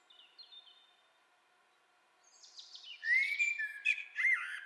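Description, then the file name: Common blackbird giving a loud run of chattering, squeaky call notes in the second half, after faint high whistled notes at the start. "Turdus merula"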